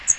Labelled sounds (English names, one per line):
Magnolia Warbler flight call